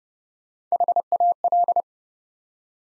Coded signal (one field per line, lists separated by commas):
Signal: Morse code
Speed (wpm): 28 wpm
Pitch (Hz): 700 Hz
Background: none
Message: HAL